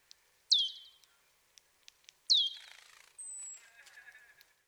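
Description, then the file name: Marsh tit calls: two sharp, high downslurred notes, the second followed by a brief buzzy rattle, then a thin high whistle and soft chatter. "Poecile palustris"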